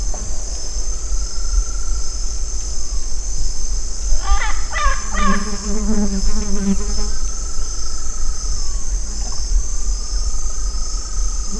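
Bird calls, a burst of buzzy, harmonic-rich notes rapidly repeated over about three seconds, with long steady whistled tones before and after and a constant high hiss.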